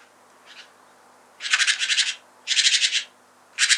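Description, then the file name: Great tit uttering loud, rasping, pulsed churrs, three strong bursts in quick succession after a faint opening note. "Parus major"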